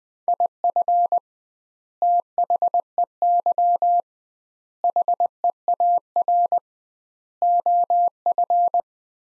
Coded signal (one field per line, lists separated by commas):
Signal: Morse code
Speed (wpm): 20 wpm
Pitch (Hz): 700 Hz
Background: none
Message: IF THEY HEAR OF